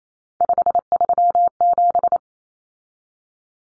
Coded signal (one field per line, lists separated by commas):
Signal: Morse code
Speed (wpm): 28 wpm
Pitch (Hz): 700 Hz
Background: none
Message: 537